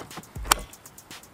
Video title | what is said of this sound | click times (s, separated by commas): Kobalt 80 Volt Max 18-in Cordless Electric Chainsaw Unboxing | put the battery in battery just pops right in here | 0.5 s